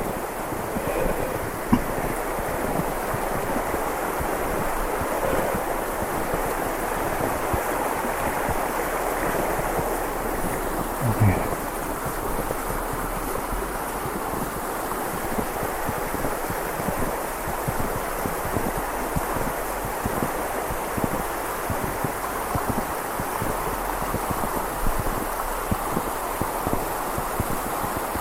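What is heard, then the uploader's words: A river rushes steadily through the whole clip, a dense, unbroken wash with a low rumble and a bright hiss. Wind adds rough, gusting buffets underneath. The level barely changes from start to finish, with only a brief thump near eleven seconds. A walk along a snowy river.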